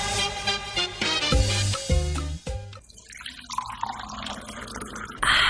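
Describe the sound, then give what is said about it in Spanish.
Fresh spring water (Agua Primavera) pours into a glass in a steady stream, its ringing tone rising as the glass fills, then trails into a softer, bubbly splashing before a brief louder gush at the end. “¡Qué agradable es saborear agua primavera! Fresca y pura, que provoca seguir disfrutando.”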